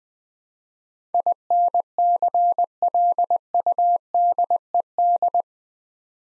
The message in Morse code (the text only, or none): INCLUDED